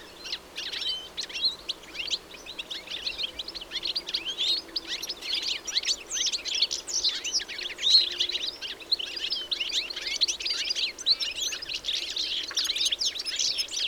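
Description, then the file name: European goldfinch calls: steady, rapid twittering of bright, high, slurred notes, continuous across the whole stretch. "Carduelis carduelis"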